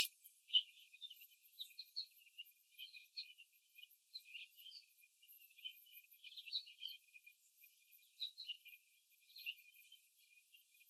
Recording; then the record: young laying hens in a cage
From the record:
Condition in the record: before the stressor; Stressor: simulated dog barking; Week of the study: 2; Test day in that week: 3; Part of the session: 4